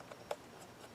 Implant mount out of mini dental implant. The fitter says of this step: and then it should just snap right out there you go